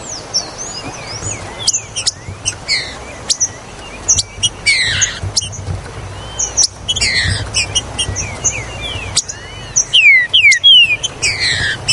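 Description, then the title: Green-winged saltator song: a rapid burst of loud falling whistles near the end, preceded by repeated sharp ticks and scratchy high chirps. "Trinca Ferro Ao Maximo Trinca Ferro"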